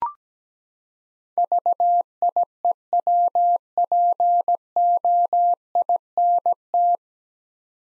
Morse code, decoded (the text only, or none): VIEWPOINT